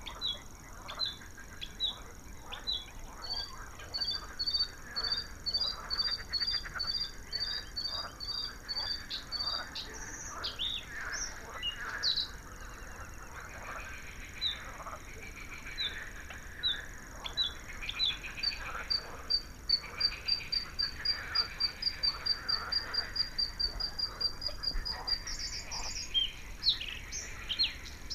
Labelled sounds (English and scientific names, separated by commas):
Bluethroat (Luscinia svecica) song